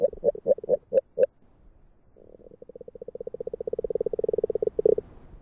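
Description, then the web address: Agile frog with a few separate low knocking notes, then a pause, then a rapid, rolling series that swells in loudness and stops abruptly. "Fotoim Hangok Rana dalmatina"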